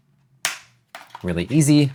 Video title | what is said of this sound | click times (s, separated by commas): Silkycasters LED Bike Helmet, Better Visibility After Dark? [Review] | So just snap it on off. | 0.4 s